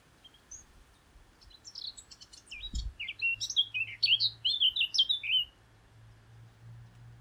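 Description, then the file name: Eurasian blackcap song: a fast run of scratchy, high warbled notes that swell into a louder, varied chatter before stopping, with a single dull thump partway through. "Sylvia atricapilla"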